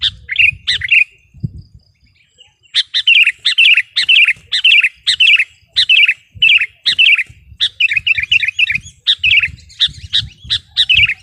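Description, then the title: Sooty-headed bulbul song: short pause after a few notes, then steady run of bubbly repeated phrases, with soft low knocking sounds beneath. "kutilang"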